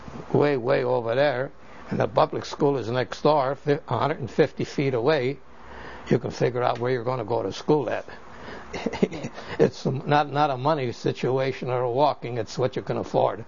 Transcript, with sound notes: way, way over there and the public school is next door, a hundred and fifty feet away, you can figure out where you're going to go to school then. ( he laughs ) It's not a money situation or a walking, it's what you can afford.